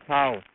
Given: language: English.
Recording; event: throat vibration sensor signal played as sound; speech